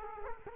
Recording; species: mosquito wingbeat signal from an infrared sensor; Culex quinquefasciatus